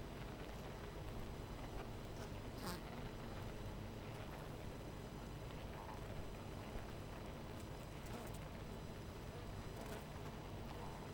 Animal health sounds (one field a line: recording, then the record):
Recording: honeybee colony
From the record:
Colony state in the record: missing queen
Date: 14 July 2017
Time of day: 12:40